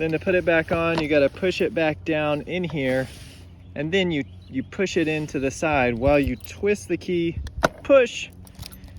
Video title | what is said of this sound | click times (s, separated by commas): Juiced E-Bike CrossCurrent X Review | and then it clamps down and locks | 8.7 s